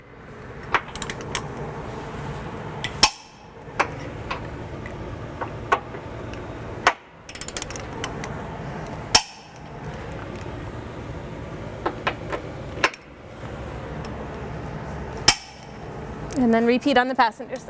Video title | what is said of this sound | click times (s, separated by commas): 2015 Acura MDX Trailer Hitch Install | You're just gonna go till you hear that nice click. | 0.8 s, 3.0 s, 6.9 s, 9.2 s, 12.8 s, 15.3 s